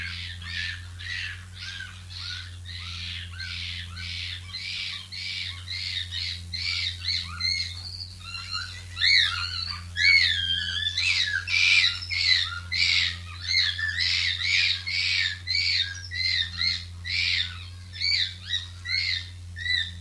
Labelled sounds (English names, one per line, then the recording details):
Tufted Capuchin aggressive call
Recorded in captivity
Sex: group
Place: Zoo Münster, Nordrhein-Westfalen, DE
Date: 1988-10-04 12:59
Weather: overcast, 14°C
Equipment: Sony WM-D6C, Kopie Uher
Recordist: Tembrock, Günter